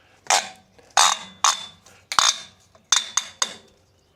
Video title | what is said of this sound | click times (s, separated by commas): Incredible Value For A Bike Rack - Benton Shifts & Grins | locked into place really well. | 0.3 s, 1.4 s, 2.9 s